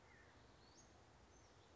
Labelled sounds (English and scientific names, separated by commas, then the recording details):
Western Flycatcher (Empidonax difficilis)
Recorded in Sonoma County, California